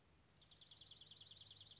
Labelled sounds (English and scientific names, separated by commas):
Dark-eyed Junco (Junco hyemalis)